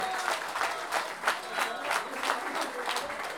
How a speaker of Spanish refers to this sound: se merece un doble aplauso.